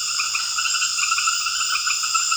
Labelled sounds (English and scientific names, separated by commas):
none